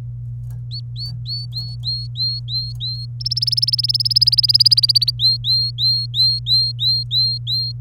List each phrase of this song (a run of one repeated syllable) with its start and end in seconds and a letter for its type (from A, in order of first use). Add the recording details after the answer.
0.71-3.06 A, 3.20-5.11 B, 5.19-7.72 A. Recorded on 27 April 2018 at 09:24. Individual llb3